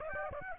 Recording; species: mosquito wingbeat signal from an infrared sensor; Aedes aegypti